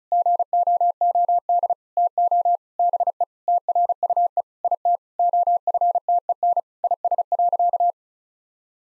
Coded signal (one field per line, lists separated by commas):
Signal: Morse code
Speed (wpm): 36 wpm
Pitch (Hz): 700 Hz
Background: none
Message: GOOD TO BE TRUE IT OFTEN IS.